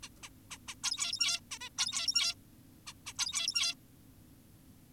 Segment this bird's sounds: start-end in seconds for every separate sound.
0.03-0.09, 0.23-0.29, 0.51-0.58, 0.68-0.75, 0.84-1.40, 1.51-1.58, 1.61-1.69, 1.78-2.35, 2.87-2.93, 3.06-3.13, 3.19-3.75